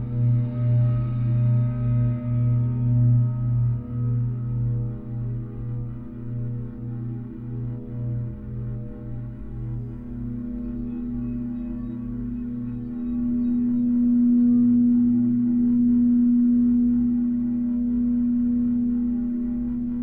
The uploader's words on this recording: Reiki Healing | Tibetan Singing Bowls for Mental, Physical, Spiritual and Emotional Healing. The resonating sounds of the Tibetan singing bowls.